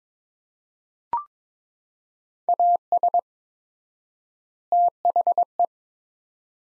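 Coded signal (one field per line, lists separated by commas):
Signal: Morse code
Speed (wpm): 22 wpm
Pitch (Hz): 700 Hz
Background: none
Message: AS THE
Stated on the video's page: Morse practice set of two-word phrases at 22 wpm with 4x word spacing, analogous to Farnsworth spacing, for head-copy training.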